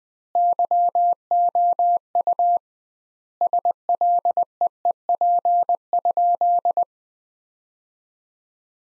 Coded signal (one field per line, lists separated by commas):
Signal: Morse code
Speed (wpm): 21 wpm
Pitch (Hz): 700 Hz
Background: none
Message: YOU SLEEP?